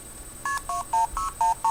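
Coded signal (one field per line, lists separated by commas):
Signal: multi-frequency trunk signalling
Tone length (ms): 130 ms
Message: KP26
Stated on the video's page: Multi-frequency tones from a homebuilt blue box replicating the 1971 Esquire article's device.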